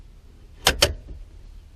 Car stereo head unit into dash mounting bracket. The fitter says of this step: you press it until it clicks